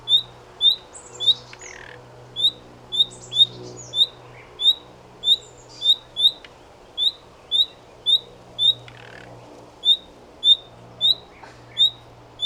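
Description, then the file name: Common nightingale giving short rising whistles, about twenty in a series, with occasional soft scratchy noises in the background. "Luscinia megarhynchos"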